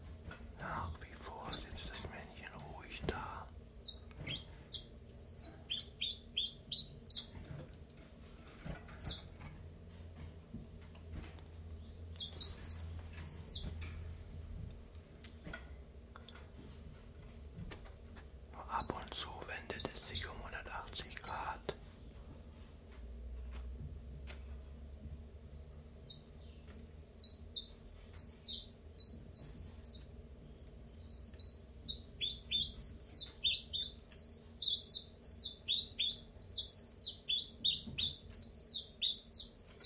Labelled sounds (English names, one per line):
Common Chiffchaff